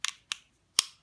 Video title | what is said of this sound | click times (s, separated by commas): Pilot Brewery Build - First Look | that just locks in place like that. Yeah. | 0.1 s, 0.3 s, 0.8 s